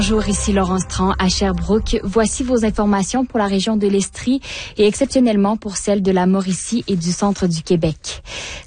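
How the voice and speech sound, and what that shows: Adult female radio news presenter giving a regional news bulletin in French, with typical news-anchor speech, on Ici Radio-Canada Première, 101.1 in Sherbrooke and 93.1 in Magog.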